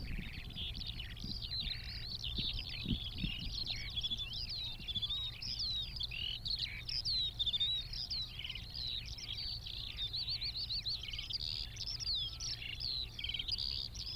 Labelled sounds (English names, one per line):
Eurasian Skylark song